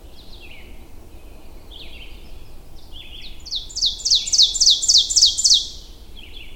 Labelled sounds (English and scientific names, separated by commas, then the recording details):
Ovenbird (Seiurus aurocapilla) song
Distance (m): 5 m
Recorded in boreal forest in Alberta, Canada, on 22 June 2016 at 05:36
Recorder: SongMeter 3, array SBT-6-76
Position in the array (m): 150 m, 110 m
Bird 3